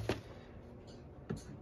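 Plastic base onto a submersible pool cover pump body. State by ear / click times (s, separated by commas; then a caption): not seated / none. A plastic base is lined up with the handle side of the body of a BLACK+DECKER 1500 GPH submersible swimming pool cover pump, before being pushed home. Only light handling knocks are heard, at about 0.1 s and 1.3 s. Nothing has seated or clicked yet.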